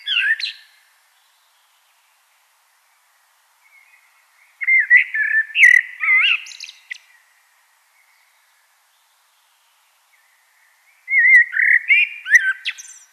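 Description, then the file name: Common blackbird song in three phrases with long gaps between them, mellow fluted warbles mixed with thin high twittering notes. "Turdus merula"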